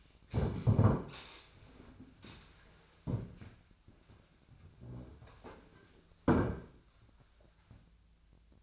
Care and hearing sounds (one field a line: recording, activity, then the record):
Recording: daily activity, microphone in the room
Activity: stand up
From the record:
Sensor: 2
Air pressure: 1007.8 hPa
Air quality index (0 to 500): 180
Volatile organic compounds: 10 ppm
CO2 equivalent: 2214 ppm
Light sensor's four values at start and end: 10/25/10/10 and 10/24/10/10